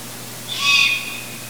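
Long-eared owl juvenile with a lone high-pitched, wheezy squeak, brief and slightly whistled, set against quiet constant background noise.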